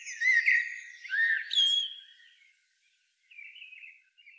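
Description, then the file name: Common blackbird song phrase of looping, whistled warbles sliding up and down, followed after a short pause by a soft, quiet warble. "Turdus merula"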